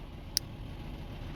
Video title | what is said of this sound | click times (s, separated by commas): How To Test Oxygen Sensors Without RemovingThem With Multimeter | So it goes only one way only until you hear the click. | 0.4 s